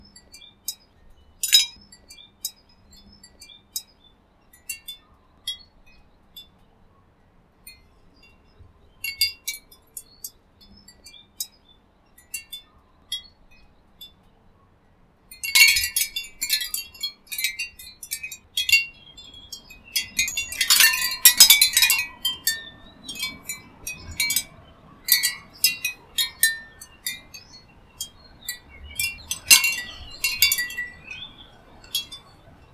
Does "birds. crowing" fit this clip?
no